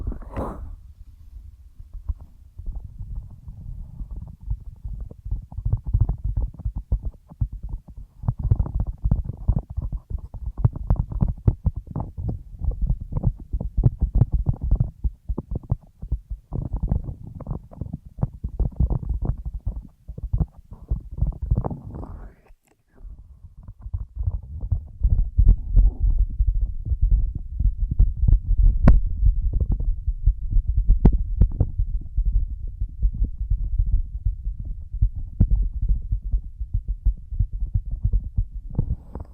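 Ear massage and cleaning sounds: dense, low, muffled rubbing and thumping that crowd together continuously, with occasional brighter scratchy bursts. Around 22 seconds the rubbing stops abruptly for a moment, then resumes just as thick and steady to the end.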